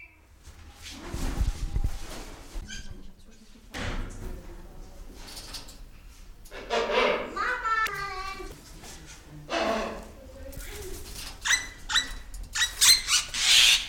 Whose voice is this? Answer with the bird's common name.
Wreathed Hornbill